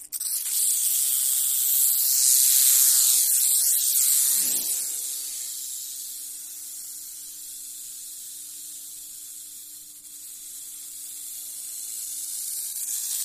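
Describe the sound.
Rattlesnake rattle: a dry, steady hissing buzz that runs without a break, swelling early on and then holding at a lower level before rising again at the end.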